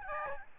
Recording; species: mosquito wingbeat signal from an infrared sensor; Aedes albopictus